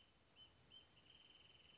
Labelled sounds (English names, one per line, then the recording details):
Wrentit
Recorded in Sonoma County, California